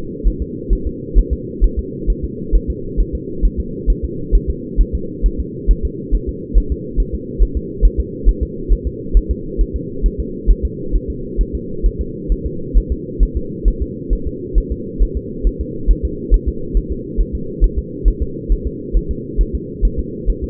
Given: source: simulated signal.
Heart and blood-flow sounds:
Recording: fetal heart sounds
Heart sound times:
0.27 s: S1
0.42 s: S2
0.73 s: S1
0.87 s: S2
1.18 s: S1
1.33 s: S2
1.64 s: S1
1.79 s: S2
2.10 s: S1
2.24 s: S2
2.55 s: S1
2.70 s: S2
3.00 s: S1
3.15 s: S2
3.45 s: S1
3.60 s: S2
3.90 s: S1
4.04 s: S2
4.35 s: S1
4.50 s: S2
4.81 s: S1
4.95 s: S2
5.26 s: S1
5.40 s: S2
5.71 s: S1
5.85 s: S2
6.15 s: S1
6.29 s: S2
6.58 s: S1
6.72 s: S2
7.00 s: S1
7.14 s: S2
7.43 s: S1
7.57 s: S2
7.85 s: S1
8.00 s: S2
8.29 s: S1
8.43 s: S2
8.73 s: S1
8.87 s: S2
9.17 s: S1
9.31 s: S2
9.61 s: S1
9.76 s: S2
10.06 s: S1
10.20 s: S2
10.51 s: S1
10.65 s: S2
10.95 s: S1
11.10 s: S2
11.41 s: S1
11.55 s: S2
11.86 s: S1
12.01 s: S2
12.32 s: S1
12.46 s: S2
12.78 s: S1
12.92 s: S2
13.23 s: S1
13.37 s: S2
13.68 s: S1
13.82 s: S2
14.13 s: S1
14.27 s: S2
14.58 s: S1
14.72 s: S2
15.02 s: S1
15.17 s: S2
15.47 s: S1
15.61 s: S2
15.91 s: S1
16.05 s: S2
16.34 s: S1
16.48 s: S2
16.77 s: S1
16.92 s: S2
17.21 s: S1
17.35 s: S2
17.64 s: S1
17.78 s: S2
18.08 s: S1
18.22 s: S2
18.52 s: S1
18.67 s: S2
18.97 s: S1
19.11 s: S2
19.41 s: S1
19.55 s: S2
19.85 s: S1
19.99 s: S2
20.30 s: S1
20.44 s: S2
From the record:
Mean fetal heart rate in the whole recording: 135 bpm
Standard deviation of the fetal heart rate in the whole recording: 3 bpm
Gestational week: 36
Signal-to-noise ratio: -4.3 dB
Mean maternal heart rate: 72 bpm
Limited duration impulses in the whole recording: absent

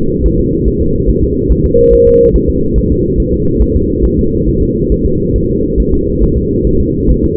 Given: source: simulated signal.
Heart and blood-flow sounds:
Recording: fetal heart sounds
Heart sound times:
0.26 s: S1
0.40 s: S2
0.68 s: S1
0.82 s: S2
1.10 s: S1
1.24 s: S2
1.52 s: S1
1.66 s: S2
1.94 s: S1
2.08 s: S2
2.36 s: S1
2.50 s: S2
2.78 s: S1
2.92 s: S2
3.20 s: S1
3.34 s: S2
3.62 s: S1
3.76 s: S2
4.05 s: S1
4.19 s: S2
4.49 s: S1
4.63 s: S2
4.92 s: S1
5.06 s: S2
5.36 s: S1
5.50 s: S2
5.80 s: S1
5.94 s: S2
6.24 s: S1
6.38 s: S2
6.67 s: S1
6.81 s: S2
7.11 s: S1
7.25 s: S2
From the record:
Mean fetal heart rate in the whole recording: 140 bpm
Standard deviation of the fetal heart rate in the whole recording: 2 bpm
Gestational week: 34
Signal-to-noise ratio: -15.3 dB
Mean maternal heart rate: 72 bpm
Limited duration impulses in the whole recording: present

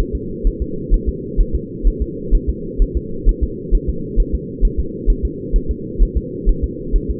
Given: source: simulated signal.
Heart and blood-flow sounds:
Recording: fetal heart sounds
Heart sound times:
0.00 s: S1
0.15 s: S2
0.47 s: S1
0.62 s: S2
0.94 s: S1
1.09 s: S2
1.40 s: S1
1.55 s: S2
1.87 s: S1
2.02 s: S2
2.35 s: S1
2.49 s: S2
2.82 s: S1
2.97 s: S2
3.29 s: S1
3.43 s: S2
3.75 s: S1
3.89 s: S2
4.20 s: S1
4.35 s: S2
4.65 s: S1
4.80 s: S2
5.10 s: S1
5.25 s: S2
5.56 s: S1
5.71 s: S2
6.03 s: S1
6.17 s: S2
6.49 s: S1
6.64 s: S2
6.96 s: S1
7.10 s: S2
From the record:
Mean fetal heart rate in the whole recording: 130 bpm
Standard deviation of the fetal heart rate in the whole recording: 4 bpm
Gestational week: 38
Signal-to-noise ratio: -4.3 dB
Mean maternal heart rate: 72 bpm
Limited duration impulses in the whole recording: absent

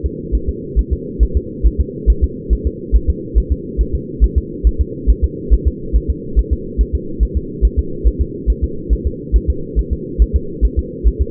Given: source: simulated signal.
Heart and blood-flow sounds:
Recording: fetal heart sounds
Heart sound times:
0.06 s: S2
0.35 s: S1
0.49 s: S2
0.79 s: S1
0.93 s: S2
1.23 s: S1
1.37 s: S2
1.66 s: S1
1.81 s: S2
2.10 s: S1
2.24 s: S2
2.53 s: S1
2.67 s: S2
2.95 s: S1
3.10 s: S2
3.38 s: S1
3.52 s: S2
3.81 s: S1
3.95 s: S2
4.24 s: S1
4.38 s: S2
4.67 s: S1
4.81 s: S2
5.10 s: S1
5.24 s: S2
5.53 s: S1
5.67 s: S2
5.96 s: S1
6.10 s: S2
6.39 s: S1
6.53 s: S2
6.81 s: S1
6.95 s: S2
7.23 s: S1
7.37 s: S2
7.65 s: S1
7.79 s: S2
8.07 s: S1
8.21 s: S2
8.50 s: S1
8.64 s: S2
8.93 s: S1
9.07 s: S2
9.36 s: S1
9.50 s: S2
9.79 s: S1
9.93 s: S2
10.22 s: S1
10.36 s: S2
10.65 s: S1
10.79 s: S2
11.08 s: S1
11.22 s: S2
From the record:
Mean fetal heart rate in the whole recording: 140 bpm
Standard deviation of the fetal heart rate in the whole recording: 2 bpm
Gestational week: 34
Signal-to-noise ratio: -4.3 dB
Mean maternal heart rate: 72 bpm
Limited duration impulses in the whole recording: absent

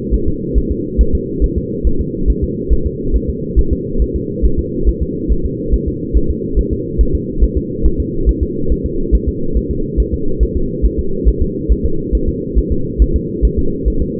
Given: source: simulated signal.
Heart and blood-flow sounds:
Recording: fetal heart sounds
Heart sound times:
0.14 s: S1
0.28 s: S2
0.58 s: S1
0.72 s: S2
1.01 s: S1
1.15 s: S2
1.44 s: S1
1.58 s: S2
1.87 s: S1
2.01 s: S2
2.30 s: S1
2.44 s: S2
2.73 s: S1
2.87 s: S2
3.16 s: S1
3.30 s: S2
3.59 s: S1
3.73 s: S2
4.02 s: S1
4.16 s: S2
4.45 s: S1
4.59 s: S2
4.89 s: S1
5.03 s: S2
5.32 s: S1
5.46 s: S2
5.74 s: S1
5.88 s: S2
6.17 s: S1
6.31 s: S2
6.59 s: S1
6.73 s: S2
7.01 s: S1
7.15 s: S2
7.44 s: S1
7.58 s: S2
7.86 s: S1
8.00 s: S2
8.29 s: S1
8.43 s: S2
8.72 s: S1
8.86 s: S2
9.15 s: S1
9.29 s: S2
9.57 s: S1
9.71 s: S2
10.00 s: S1
10.14 s: S2
10.43 s: S1
10.57 s: S2
10.86 s: S1
10.99 s: S2
11.29 s: S1
11.42 s: S2
11.72 s: S1
11.86 s: S2
12.15 s: S1
12.29 s: S2
12.59 s: S1
12.72 s: S2
13.02 s: S1
13.16 s: S2
13.45 s: S1
13.59 s: S2
13.88 s: S1
14.02 s: S2
From the record:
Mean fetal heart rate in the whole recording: 140 bpm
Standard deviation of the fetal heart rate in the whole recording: 2 bpm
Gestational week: 34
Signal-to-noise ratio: -8.1 dB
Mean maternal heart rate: 72 bpm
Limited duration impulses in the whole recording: absent

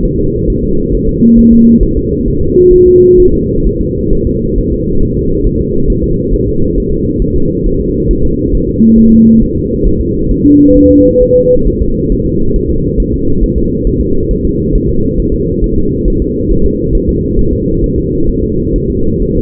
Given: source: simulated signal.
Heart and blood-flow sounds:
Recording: fetal heart sounds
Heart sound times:
0.05 s: S1
0.19 s: S2
0.50 s: S1
0.64 s: S2
0.95 s: S1
1.09 s: S2
1.39 s: S1
1.53 s: S2
1.83 s: S1
1.97 s: S2
2.28 s: S1
2.42 s: S2
2.74 s: S1
2.88 s: S2
3.20 s: S1
3.34 s: S2
3.66 s: S1
3.81 s: S2
4.13 s: S1
4.27 s: S2
4.58 s: S1
4.72 s: S2
5.03 s: S1
5.17 s: S2
5.47 s: S1
5.61 s: S2
5.90 s: S1
6.04 s: S2
6.34 s: S1
6.48 s: S2
6.77 s: S1
6.92 s: S2
7.22 s: S1
7.36 s: S2
7.66 s: S1
7.80 s: S2
8.11 s: S1
8.25 s: S2
8.55 s: S1
8.69 s: S2
8.98 s: S1
9.12 s: S2
9.42 s: S1
9.56 s: S2
9.87 s: S1
10.01 s: S2
10.31 s: S1
10.45 s: S2
10.77 s: S1
10.91 s: S2
11.22 s: S1
11.36 s: S2
11.67 s: S1
11.81 s: S2
12.12 s: S1
12.26 s: S2
12.56 s: S1
12.70 s: S2
13.00 s: S1
13.14 s: S2
13.44 s: S1
13.58 s: S2
13.87 s: S1
14.01 s: S2
14.31 s: S1
14.45 s: S2
14.75 s: S1
14.89 s: S2
15.20 s: S1
15.34 s: S2
15.64 s: S1
15.78 s: S2
16.08 s: S1
16.22 s: S2
16.51 s: S1
16.66 s: S2
16.95 s: S1
17.09 s: S2
17.39 s: S1
17.53 s: S2
17.84 s: S1
17.98 s: S2
18.29 s: S1
18.44 s: S2
18.76 s: S1
18.90 s: S2
19.22 s: S1
19.37 s: S2
From the record:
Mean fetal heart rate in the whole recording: 135 bpm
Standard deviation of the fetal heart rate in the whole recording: 3 bpm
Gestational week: 36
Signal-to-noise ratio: -16.4 dB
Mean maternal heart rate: 72 bpm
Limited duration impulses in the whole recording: present

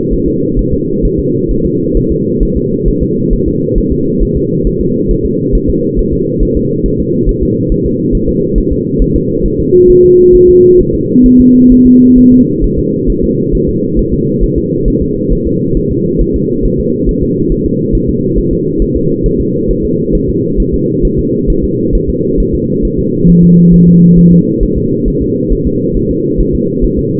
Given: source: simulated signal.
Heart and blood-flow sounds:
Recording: fetal heart sounds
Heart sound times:
0.13 s: S1
0.28 s: S2
0.59 s: S1
0.73 s: S2
1.05 s: S1
1.20 s: S2
1.51 s: S1
1.66 s: S2
1.97 s: S1
2.11 s: S2
2.43 s: S1
2.57 s: S2
2.88 s: S1
3.03 s: S2
3.33 s: S1
3.48 s: S2
3.78 s: S1
3.92 s: S2
4.23 s: S1
4.37 s: S2
4.67 s: S1
4.81 s: S2
5.11 s: S1
5.25 s: S2
5.55 s: S1
5.70 s: S2
5.99 s: S1
6.13 s: S2
6.43 s: S1
6.57 s: S2
6.86 s: S1
7.00 s: S2
7.29 s: S1
7.43 s: S2
7.72 s: S1
7.86 s: S2
8.15 s: S1
8.29 s: S2
8.58 s: S1
8.72 s: S2
9.02 s: S1
9.16 s: S2
9.46 s: S1
9.60 s: S2
9.90 s: S1
10.05 s: S2
10.35 s: S1
10.49 s: S2
10.80 s: S1
10.95 s: S2
11.26 s: S1
11.40 s: S2
11.72 s: S1
11.86 s: S2
12.18 s: S1
12.33 s: S2
12.64 s: S1
12.78 s: S2
13.10 s: S1
13.24 s: S2
13.55 s: S1
13.69 s: S2
13.99 s: S1
14.13 s: S2
14.44 s: S1
14.58 s: S2
14.88 s: S1
15.02 s: S2
15.32 s: S1
15.47 s: S2
15.77 s: S1
15.91 s: S2
16.21 s: S1
16.36 s: S2
16.65 s: S1
16.80 s: S2
17.09 s: S1
17.23 s: S2
17.52 s: S1
17.66 s: S2
17.95 s: S1
18.09 s: S2
18.38 s: S1
18.53 s: S2
18.82 s: S1
18.96 s: S2
19.26 s: S1
19.41 s: S2
19.71 s: S1
19.85 s: S2
20.15 s: S1
20.30 s: S2
20.60 s: S1
20.74 s: S2
21.05 s: S1
21.19 s: S2
21.50 s: S1
21.64 s: S2
21.95 s: S1
22.09 s: S2
22.40 s: S1
22.55 s: S2
22.85 s: S1
22.99 s: S2
23.30 s: S1
23.44 s: S2
23.74 s: S1
23.88 s: S2
24.19 s: S1
24.33 s: S2
24.63 s: S1
24.77 s: S2
25.08 s: S1
25.22 s: S2
25.52 s: S1
25.67 s: S2
25.97 s: S1
26.11 s: S2
26.41 s: S1
26.55 s: S2
26.84 s: S1
26.99 s: S2
From the record:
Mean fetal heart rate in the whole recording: 135 bpm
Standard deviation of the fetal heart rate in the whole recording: 3 bpm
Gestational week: 36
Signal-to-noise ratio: -11.2 dB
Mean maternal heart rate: 72 bpm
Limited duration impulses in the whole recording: present

